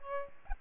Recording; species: mosquito wingbeat signal from an infrared sensor; Aedes albopictus